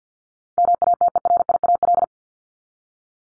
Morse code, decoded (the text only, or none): MATERIAL